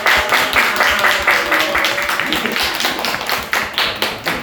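An audience applauds a guest speaker at the end of a talk, with dense, continuous clapping that holds steady for several seconds, a crisp patter of many hands without any talking over it.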